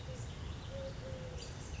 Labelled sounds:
Eurasian Collared Dove (Streptopelia decaocto)

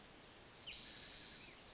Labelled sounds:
Spotted Towhee (Pipilo maculatus)

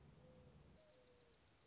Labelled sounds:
Mourning Dove (Zenaida macroura)

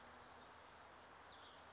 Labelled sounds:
Spotted Towhee (Pipilo maculatus)

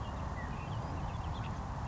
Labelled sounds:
House Finch (Haemorhous mexicanus)

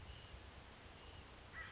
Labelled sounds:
Western Flycatcher (Empidonax difficilis)

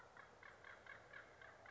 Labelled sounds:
Acorn Woodpecker (Melanerpes formicivorus)

